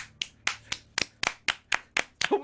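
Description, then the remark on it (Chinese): Slow, limp hand clapping, about ten evenly spaced claps with a dull, listless rhythm, moderately loud and sharp, with no voices over it. “你啲学生都知道有啲咩系冇灵魂嘅拍手啦。”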